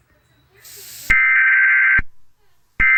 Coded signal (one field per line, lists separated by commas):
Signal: Emergency Alert System (SAME) tones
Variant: header bursts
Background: speech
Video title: Eas scenario Blood moon: red cloud rain